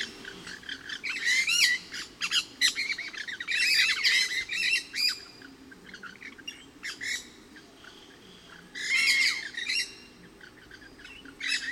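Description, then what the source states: Pyrrhura parakeets squawking in scattered clusters of raspy notes, quieter spells between bursts as the flock chatters. Resident flock of about 8 birds moving high in trees, about 30 m away and 20-25 m up, within the station clearing, around 12:20 p.m., partly cloudy, hot (upper 80s, thermometer about 92).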